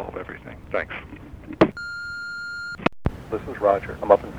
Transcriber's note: phone beeps